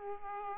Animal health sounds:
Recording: mosquito wingbeat signal from an infrared sensor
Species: Aedes aegypti

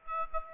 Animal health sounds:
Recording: mosquito wingbeat signal from an infrared sensor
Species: Aedes aegypti

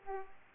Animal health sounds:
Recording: mosquito wingbeat signal from an infrared sensor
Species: Aedes aegypti

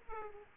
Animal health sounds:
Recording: mosquito wingbeat signal from an infrared sensor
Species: Aedes aegypti

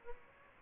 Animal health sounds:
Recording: mosquito wingbeat signal from an infrared sensor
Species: Aedes albopictus

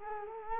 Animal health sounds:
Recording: mosquito wingbeat signal from an infrared sensor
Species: Culex quinquefasciatus

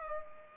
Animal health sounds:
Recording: mosquito wingbeat signal from an infrared sensor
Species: Culex pipiens

